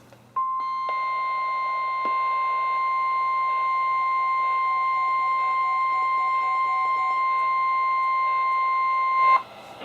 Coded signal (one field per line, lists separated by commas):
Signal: Emergency Alert System (SAME) tones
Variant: 1050 Hz attention tone